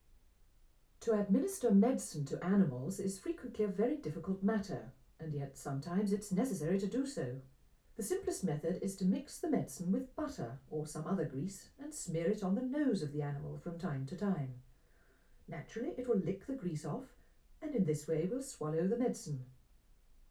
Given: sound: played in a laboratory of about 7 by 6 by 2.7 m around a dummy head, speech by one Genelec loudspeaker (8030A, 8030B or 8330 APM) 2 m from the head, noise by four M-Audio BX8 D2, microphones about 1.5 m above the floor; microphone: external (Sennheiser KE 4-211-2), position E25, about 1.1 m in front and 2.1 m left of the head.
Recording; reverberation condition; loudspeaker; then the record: female speech in English; low; 120 degrees to the left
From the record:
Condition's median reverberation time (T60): about 310 ms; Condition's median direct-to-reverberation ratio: about 3.5 dB